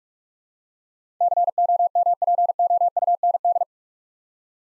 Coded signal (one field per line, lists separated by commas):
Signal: Morse code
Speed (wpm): 46 wpm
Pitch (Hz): 700 Hz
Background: none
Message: COMPOUND